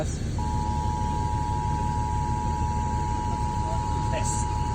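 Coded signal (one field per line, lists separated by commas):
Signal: Emergency Alert System (SAME) tones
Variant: 853 and 960 Hz attention tone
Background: speech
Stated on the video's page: Required monthly test on a New York radio station.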